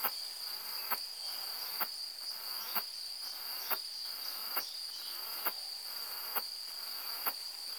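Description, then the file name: Continuous piercing cicada drone at an even pitch, with regular clicks roughly every second layered over broad hiss. "cantilatrix"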